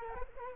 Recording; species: mosquito wingbeat signal from an infrared sensor; Culex quinquefasciatus